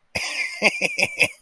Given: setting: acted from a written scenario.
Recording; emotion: vocal sound without words; amusement